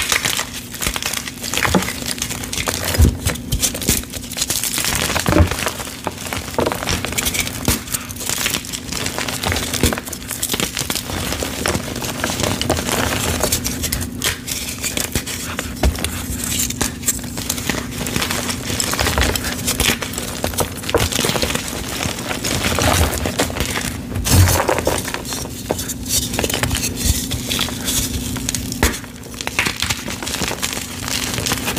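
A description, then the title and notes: Gym chalk soaked with baby oil is crushed and squeezed in a continuous run of dense, crackling crunches and crinkles, with sharper snaps now and then. A steady low hum sits underneath for the whole time. Baby Oil Gym Chalk Crushing Compilation.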